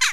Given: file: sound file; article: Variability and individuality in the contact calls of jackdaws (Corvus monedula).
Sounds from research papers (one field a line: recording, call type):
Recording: jackdaw call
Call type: harmonic